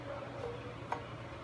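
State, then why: Seated. On a Snapper 5 HP Briggs and Stratton small engine, the ignition coil's mounting screws are barely loosened, and the flywheel magnet pulls the metal coil down onto a business-card spacer to set the air gap. Against a steady low background hum, a single short click is heard at 0.9 seconds as the coil seats against the card.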